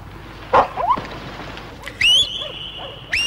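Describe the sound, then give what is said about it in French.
Hunting dogs being released on a she-wolf's trail give a series of sharp yelping barks, then one dog lets out a long, high, drawn-out bay before another yelp cuts in at the end; from the film Les Griffes au loup by Philippe Meunier. “Lâchez les chiens,”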